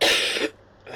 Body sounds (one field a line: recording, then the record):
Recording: coughing mixed with background sound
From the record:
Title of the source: 55 gaggy wet cough